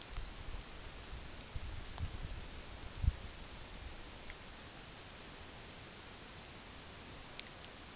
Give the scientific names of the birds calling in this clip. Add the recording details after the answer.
none. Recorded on Arctic tundra, site UTQI-8, on 15 June 2019. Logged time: 22:00